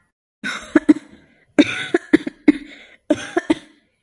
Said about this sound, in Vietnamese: Chưa nói hết câu, y đã bắt đầu ho.